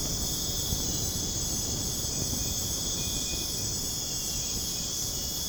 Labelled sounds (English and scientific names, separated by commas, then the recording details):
none
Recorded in dense forest near Puerto Asís, Putumayo, Colombia, on 29 June 2025 at 02:30
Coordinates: 0.486, -76.317
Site G065